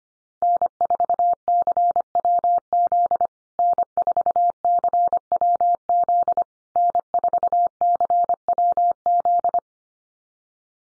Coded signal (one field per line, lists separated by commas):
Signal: Morse code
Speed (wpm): 25 wpm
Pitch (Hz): 700 Hz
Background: none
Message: N4CWZ N4CWZ N4CWZ